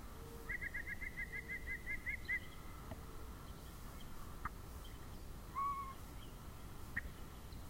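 Yellow-breasted chat song: a brisk series of about twelve piping notes, scattered low hoots and chips, then a short level whistle, over low background hum.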